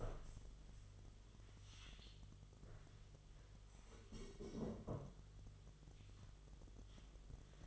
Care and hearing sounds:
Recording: daily activity, microphone in the room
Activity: stand up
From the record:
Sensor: 4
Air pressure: 1005.9 hPa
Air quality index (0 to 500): 100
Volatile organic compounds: 2 ppm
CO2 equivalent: 1245 ppm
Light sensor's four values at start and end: 13/29/11/10 and 13/29/11/10

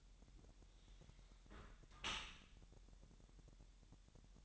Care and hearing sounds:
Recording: daily activity, microphone in the room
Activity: close dishwasher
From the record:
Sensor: 3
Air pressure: 1000.5 hPa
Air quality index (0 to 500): 248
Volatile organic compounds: 172 ppm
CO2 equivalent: 4113 ppm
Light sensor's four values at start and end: 11/25/10/10 and 11/25/10/10

